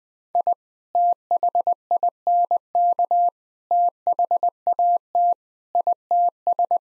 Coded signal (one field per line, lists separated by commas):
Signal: Morse code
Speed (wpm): 20 wpm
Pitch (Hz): 700 Hz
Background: none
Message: I THINK THAT ITS